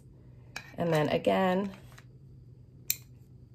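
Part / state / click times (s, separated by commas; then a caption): dumbbell bar end into weight block / seated / 2.9 s. The other end of a metal bar from a Nimsqury 2-in-1 adjustable kettlebell set is twisted into the second weight block while someone talks briefly. A sharp click at 2.9 s marks the bar locking into the block, completing the dumbbell.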